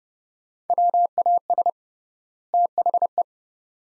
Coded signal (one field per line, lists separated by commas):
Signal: Morse code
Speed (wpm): 29 wpm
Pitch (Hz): 700 Hz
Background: none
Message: WAS THE